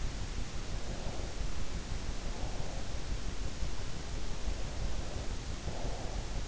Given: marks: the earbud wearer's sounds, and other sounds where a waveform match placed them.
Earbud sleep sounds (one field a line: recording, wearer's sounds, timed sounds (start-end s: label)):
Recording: sounds in sleep by an in-ear microphone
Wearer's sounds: breath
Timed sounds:
0.73-3.13 s: breath
4.26-6.46 s: breath